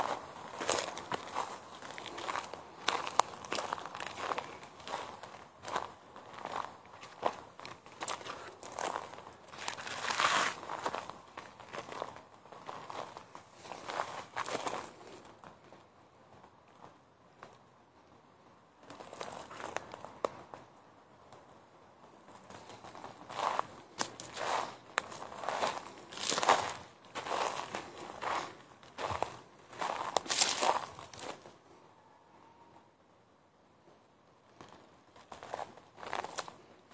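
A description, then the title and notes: Footsteps crunch through a forest in bursts of dense, crackling steps on dry leaves and brush. The walking runs for about fifteen seconds, pauses for a few quiet seconds, resumes from about 19 to 31 seconds, and then mostly stops, with a few last steps near the end. Walking in the Govind wildlife sanctuary located at Uttarakhand in India. Located in the Uttarkashi district of Uttarakhand, India. Footage of my walk through the forest.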